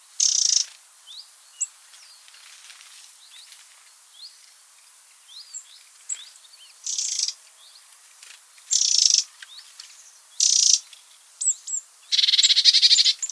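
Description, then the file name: Eurasian wren giving scattered harsh rattles, sparse early then more frequent toward the end, amid many faint thin rising chirps of other birds. "Troglodytes troglodytes"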